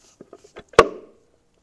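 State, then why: Seated. A metal torque converter is pushed and rotated onto the automatic transmission input shaft and pump splines of a BMW E46 330i, with a few faint knocks as it drops through the first and second spline sets. At 0.8 s it seats on the last splines with one loud, sharp metallic click that rings out briefly, and it is all the way in.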